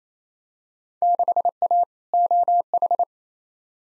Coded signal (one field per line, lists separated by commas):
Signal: Morse code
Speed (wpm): 28 wpm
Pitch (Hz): 700 Hz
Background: none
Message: 6A OH